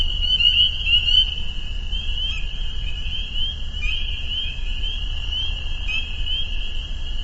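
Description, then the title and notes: Spring peeper chorus, overlapping high peeps forming a shrill continuous band, a few distinct rising peeps near the start, with low rumbling background. Chorus at a pond on private property in northern Vermont, recorded as a soundscape. "Peepers. a soundscape recorded at the peeper pond on our friends' property in northern Vermont"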